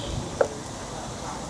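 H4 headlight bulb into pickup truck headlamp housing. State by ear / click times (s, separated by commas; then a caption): seated / 0.4 s. An H4 halogen bulb is pressed into the back of a plastic headlamp housing for a Mitsubishi Triton Plus pickup truck (TYC brand headlamp) and twisted until it locks. A single sharp click is heard at 0.4 s as it reaches the end of its turn, and the bulb is fully seated.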